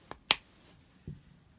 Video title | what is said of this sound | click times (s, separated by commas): Hot Wheels Star Wars Concept Series Star Destroyer | peg another port like so hear that click and you're | 0.3 s